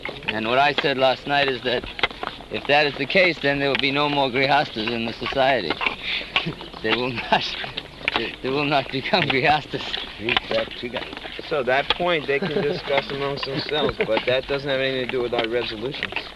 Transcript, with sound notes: And what I said last night is that if that is the case, then there would be no more gṛhasthas in the Society. They will not... [laughs] They will not become gṛhasthas.
Be practical.
So that point they can discuss amongst themselves, but that doesn't have anything to do with our resolutions.